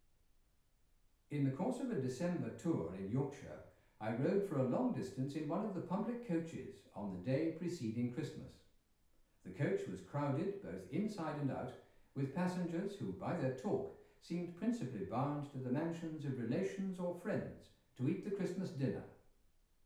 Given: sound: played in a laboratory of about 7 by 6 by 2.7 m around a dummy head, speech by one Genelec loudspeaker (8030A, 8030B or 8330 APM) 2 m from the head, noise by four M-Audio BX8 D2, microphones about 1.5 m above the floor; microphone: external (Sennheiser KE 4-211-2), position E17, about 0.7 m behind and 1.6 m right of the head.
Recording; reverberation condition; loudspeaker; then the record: male speech in English; medium; in front (0 degrees)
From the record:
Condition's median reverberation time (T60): about 510 ms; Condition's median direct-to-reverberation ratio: about -0.5 dB